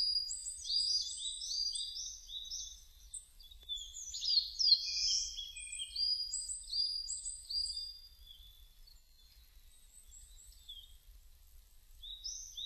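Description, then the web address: Bird song: a busy stream of high, bright chirps and short trills, tumbling rapidly and overlapping, with a louder rising note near the middle before thinning out. Recorded 2 May 2005. "2005 050502 saezuri"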